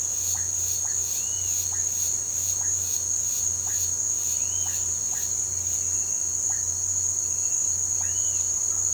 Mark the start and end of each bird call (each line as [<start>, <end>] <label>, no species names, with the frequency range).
[1.09, 1.63] bird call (1.6-3.0 kHz)
[4.45, 4.83] bird call (1.8-3.3 kHz)
[8.02, 8.52] bird call (1.8-4.5 kHz)